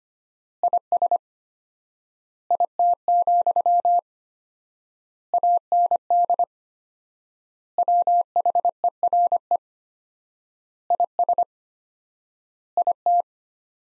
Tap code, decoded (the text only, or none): none